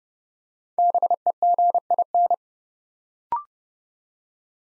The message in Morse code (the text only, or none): BEGIN